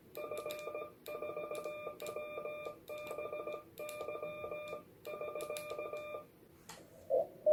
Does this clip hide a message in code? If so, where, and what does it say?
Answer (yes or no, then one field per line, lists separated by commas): yes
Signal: Morse code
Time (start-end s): 0.2-6.1 s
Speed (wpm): 17 wpm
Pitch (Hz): 2400 Hz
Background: none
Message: F4WBY <SK>